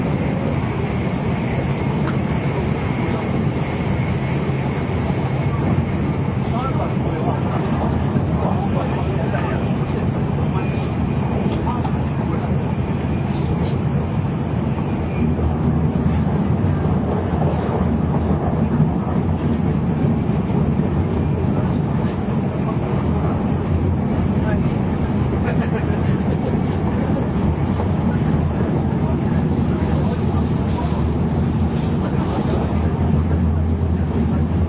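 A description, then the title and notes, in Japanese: Interior sound of a JR N700 series shinkansen running between Kyoto and Shin-Yokohama: a steady, dense low rumble and rush that holds level for the whole stretch. Faint murmured voices surface now and then, and a thin whine hums above the roar. JRN700系 京都〜新横浜。ひかり530号に乗車し、録音しました。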